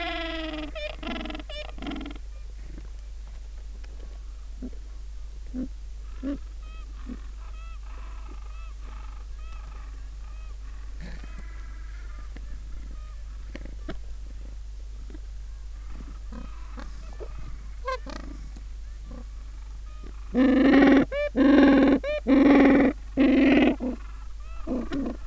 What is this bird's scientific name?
Pygoscelis papua